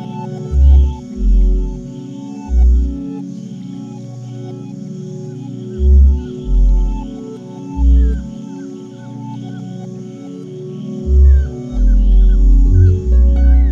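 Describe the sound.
Kakapo booming: deep, hollow, low booms in pairs and singles with pauses between, over a steady low drone.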